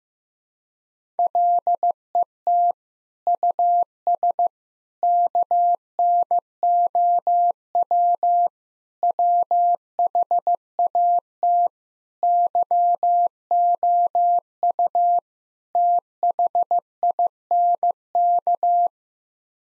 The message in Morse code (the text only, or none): LET US KNOW WHAT YOU THINK